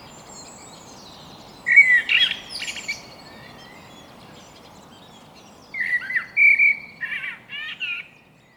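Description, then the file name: Common blackbird sings two separate phrases about four seconds apart, each a mellow whistled opening that ends in high, scratchy twittering. "Turdus merula"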